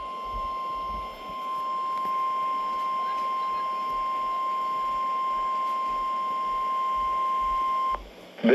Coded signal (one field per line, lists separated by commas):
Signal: Emergency Alert System (SAME) tones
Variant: 1050 Hz attention tone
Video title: Noaa weather radio station kig98 required weekly test ignore all the background noise